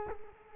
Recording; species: mosquito wingbeat signal from an infrared sensor; Culex quinquefasciatus